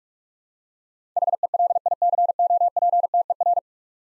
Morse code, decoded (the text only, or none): HELICOPTER